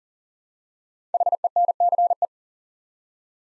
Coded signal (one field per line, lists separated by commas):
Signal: Morse code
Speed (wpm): 38 wpm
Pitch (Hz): 700 Hz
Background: none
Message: HENCE